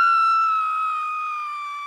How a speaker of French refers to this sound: Petite madame qui crie, vas-y!